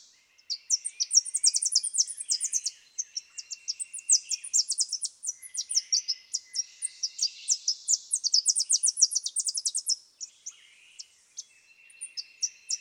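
Tennessee warbler delivering repeated loud, high chattering trills of crisp staccato notes, several songs back to back, with faint thin background calls.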